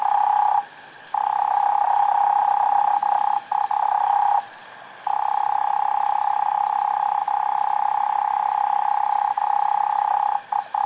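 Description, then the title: Cane toad call, a loud continuous mid-pitched trill running for several seconds at a time, with brief pauses and a soft high hiss underneath. Cane toads at night in Australia, 2011; from a soundwork of altered and unaltered field recordings. "EMERGING TERRITORIES. Cane Toads at Night"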